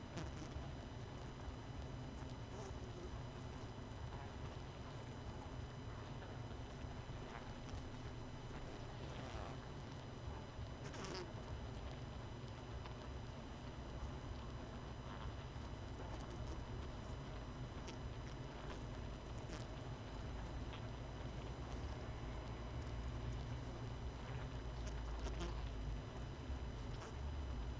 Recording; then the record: honeybee colony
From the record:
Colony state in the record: missing queen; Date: 31 May 2018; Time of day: 19:47